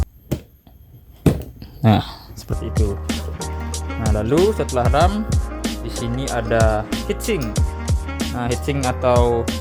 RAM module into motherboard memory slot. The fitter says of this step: harus sampai ada suara klik nah